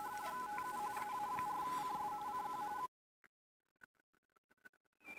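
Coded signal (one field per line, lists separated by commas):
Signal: RTTY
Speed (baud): 45.45 baud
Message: TU AA4CS CQ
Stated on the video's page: Weekly RTTY contest on FT991A at 30 watts, Palomar Bullet 29.5 ft end-fed antenna with LDG Z-11Pro II autotuner.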